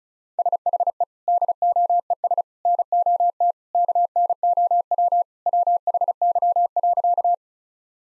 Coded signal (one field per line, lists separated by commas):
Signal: Morse code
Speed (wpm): 36 wpm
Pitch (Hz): 700 Hz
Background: none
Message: SHE DOES NOT KNOW WHY.